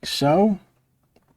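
A DDR5 memory module is handled over a motherboard DIMM slot while someone talks briefly, followed by near silence with two faint ticks around 1.2 and 1.3 seconds. The module has not seated or clicked into the slot yet.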